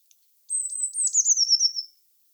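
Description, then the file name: Eurasian blue tit delivering one long high phrase, thin sustained notes giving way to a quick, gently descending trill. "Cyanistes caeruleus"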